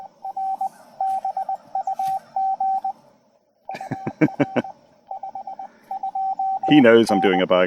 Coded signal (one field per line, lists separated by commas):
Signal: Morse code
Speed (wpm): 20 wpm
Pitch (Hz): 770 Hz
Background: speech, radio noise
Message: R BUG UR 52N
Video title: Bug-Out Month Begins POTA Style! Learning the Vibroplex Bug on the Air!